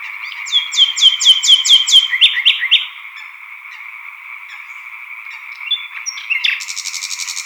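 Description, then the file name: European tree frogs in a steady, dense chorus, with a nightingale's loud repeated whistled notes over it for the first few seconds, then a few brief calls and a noisy burst near the end. Chorus of European tree frogs at Sattenay; dated 140418. "solo-de-rossignol-choeur-de-rainettes-vertes-foulques-Sattenay-140418"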